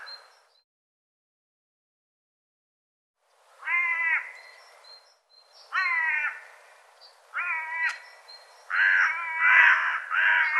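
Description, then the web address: Bird producing nasal, wavering calls after a long quiet gap, spaced about two seconds apart, then a faster run of harsh caws. "cianscape birddata"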